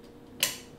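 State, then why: Seated. A Harley-Davidson motorcycle ignition switch is pushed into its mounting bracket and the key is turned until the retaining tab snaps into the housing. A single sharp, bright snap sounds at 0.4 seconds against quiet background noise. The tab snaps home and the switch is seated.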